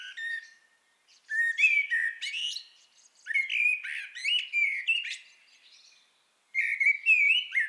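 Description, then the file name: Eurasian blackbird singing: mellow fluted warbling phrases mixed with thin, high twittering, in several bursts separated by pauses. "Turdus merula"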